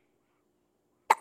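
A single short, abrupt burst near the end of a quiet stretch, with a sharp onset and quick fall-off: one baby hiccup. Hiccups are a common, normal event in babies.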